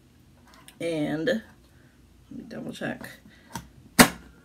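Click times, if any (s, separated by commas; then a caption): 4.0 s. A plastic glucose sensor applicator for an Abbott FreeStyle Libre CGM is lined up with the sensor pack on a table and pressed down firmly while someone talks. A single loud, sharp click at 4.0 s shows it has snapped together and is seated.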